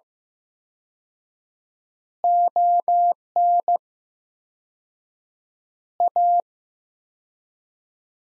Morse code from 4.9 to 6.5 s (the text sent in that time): A